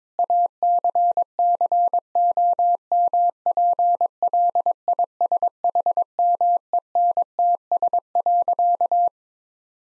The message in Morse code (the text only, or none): ACCOMPLISHMENTS.